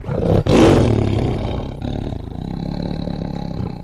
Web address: big cats|tigers